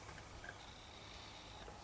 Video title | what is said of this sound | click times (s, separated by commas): GARRARD AUTOCHANGER Pt 2 | should open it a little bit until it clicks in it ah | 0.5 s